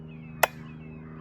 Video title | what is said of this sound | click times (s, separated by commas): How To Start A Chainsaw | so you want to make sure the brake is on Push It Forward till it clicks | 0.4 s